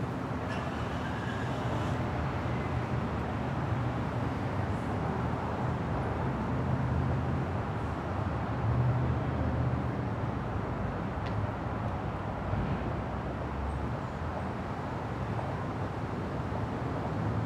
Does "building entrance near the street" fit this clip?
yes